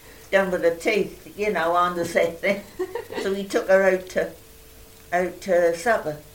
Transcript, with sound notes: Done with her teeth, you know, on the same thing. [laughs] So he took her out to, out to supper.
Aw.